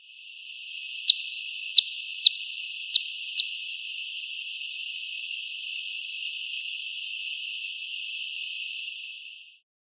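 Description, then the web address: Band-winged nightjar calling: five short sharp ticks over about two seconds, then after a pause a single thin high note slurring downward, over a steady faint hiss. Ecuador. "Natures Songs S America Birds of Ecuador. Band-Winged Nightjar"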